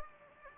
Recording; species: mosquito wingbeat signal from an infrared sensor; Anopheles gambiae